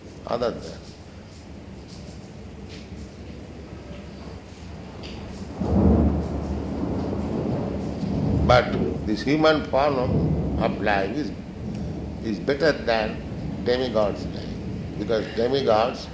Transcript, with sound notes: Other than.
Oh, I see. [more thunder]
But this human form of life is better than demigods' life, because demigods,